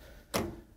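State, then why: Seated. The horizontal metal bar of the fabric catch basket, fed through the large front pocket, is snapped into the two plastic connectors at the front of an Epson Stylus Pro 7700/9700 printer stand. One sharp click is heard at 0.4 s, and the bar is seated and locked into place.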